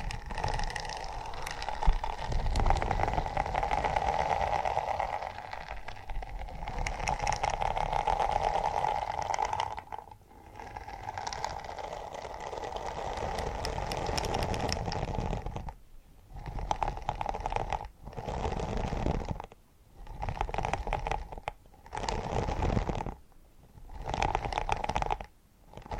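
Purring runs as a steady low rumble for about fifteen seconds, then breaks into separate bursts with short silent gaps between them.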